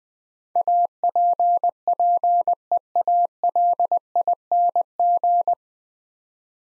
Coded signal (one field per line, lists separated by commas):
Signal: Morse code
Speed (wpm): 20 wpm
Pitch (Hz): 700 Hz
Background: none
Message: APPEALING